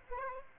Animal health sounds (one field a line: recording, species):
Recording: mosquito wingbeat signal from an infrared sensor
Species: Aedes aegypti